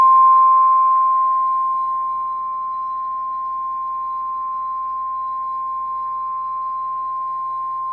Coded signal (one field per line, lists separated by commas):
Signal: Emergency Alert System (SAME) tones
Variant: 1050 Hz attention tone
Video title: EAS #2,018 Online NOAA Weather Radio Severe T’storm Warning 6/5/25